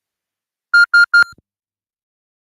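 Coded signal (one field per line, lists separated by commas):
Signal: none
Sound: a ringtone melody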